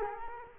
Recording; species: mosquito wingbeat signal from an infrared sensor; Culex quinquefasciatus